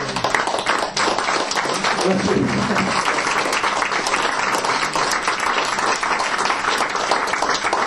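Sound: audience applause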